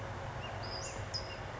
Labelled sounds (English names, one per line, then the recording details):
California Towhee
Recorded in Sonoma County, California